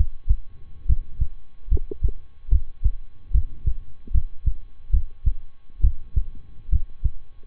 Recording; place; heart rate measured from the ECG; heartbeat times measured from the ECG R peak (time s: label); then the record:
heart sounds by stethoscope; between the tricuspid and mitral areas; 72 bpm
0.85 s: heartbeat
1.68 s: heartbeat
2.48 s: heartbeat
3.31 s: heartbeat
4.11 s: heartbeat
4.90 s: heartbeat
5.80 s: heartbeat
6.68 s: heartbeat
From the record:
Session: rest, lying down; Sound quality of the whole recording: good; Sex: male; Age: 23 years